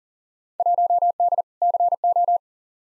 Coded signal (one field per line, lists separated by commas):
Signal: Morse code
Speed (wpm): 40 wpm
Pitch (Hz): 700 Hz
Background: none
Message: 1D CO